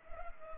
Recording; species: mosquito wingbeat signal from an infrared sensor; Culex pipiens